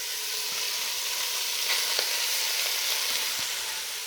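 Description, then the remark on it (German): Minced meat fries in a large pot, sizzling steadily: a dense crackling hiss spread high across the range with scattered little pops and sputters, continuous and fairly loud, with no voices. “So, jetzt ist es ein bisschen lauter vom Braten.”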